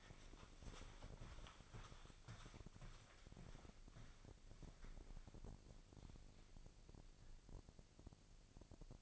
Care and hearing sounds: daily activity, microphone in the room; walk to room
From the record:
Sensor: 5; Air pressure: 999.5 hPa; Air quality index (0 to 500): 220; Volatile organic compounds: 20 ppm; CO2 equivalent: 2696 ppm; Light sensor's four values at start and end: 33/75/30/29 and 35/81/32/31

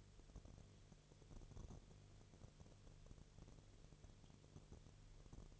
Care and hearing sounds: daily activity, microphone in the room; no activity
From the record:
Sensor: 4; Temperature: 22.3 degrees Celsius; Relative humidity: 30.9%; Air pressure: 1004.1 hPa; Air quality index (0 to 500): 86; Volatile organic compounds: 1 ppm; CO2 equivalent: 772 ppm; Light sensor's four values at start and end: 2/3/1/1 and 2/3/1/1

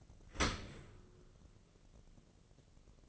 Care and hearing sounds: daily activity, microphone in the room; open dishwasher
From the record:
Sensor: 4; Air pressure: 1013.2 hPa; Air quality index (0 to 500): 173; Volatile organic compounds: 2 ppm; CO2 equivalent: 1090 ppm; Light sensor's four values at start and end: 71/176/73/75 and 72/177/74/75

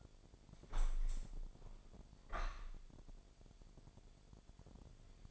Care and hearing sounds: daily activity, microphone in the room; open window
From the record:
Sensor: 5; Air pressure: 1006.6 hPa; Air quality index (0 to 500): 189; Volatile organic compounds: 5 ppm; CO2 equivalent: 1797 ppm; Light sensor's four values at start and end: 57/161/63/63 and 57/161/63/63

